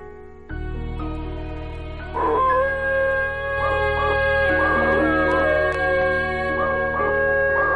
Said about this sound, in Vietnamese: Ở trong rừng, chỉ còn tiếng của con chó, nó tru lên nghe đến ghê rợn.